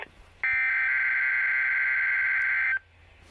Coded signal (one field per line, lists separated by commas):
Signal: Emergency Alert System (SAME) tones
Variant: header bursts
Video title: EAS Tornado Drill Minnesota and Wisconsin NOAA Weather Radio (WR100 Version 2) Minneapolis Minnesota